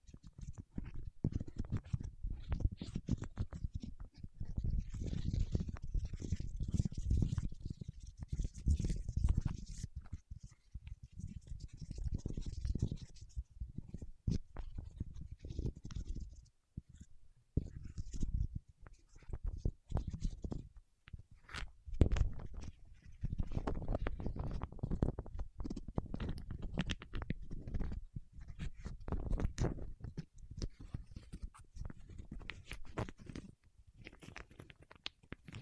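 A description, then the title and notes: Fingertips work through wax in a dense, sticky, squelching patter of quick soft clicks and crackles over a low rumbling bed. The handling runs almost without pause, thinning briefly around 10, 17 and 21 seconds before resuming just as busy. ASMR with Wax Fingertips for Sleep (No Talking).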